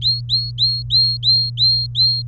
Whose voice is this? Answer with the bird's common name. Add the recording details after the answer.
Domestic Canary. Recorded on 24 April 2018 at 11:16. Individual llb3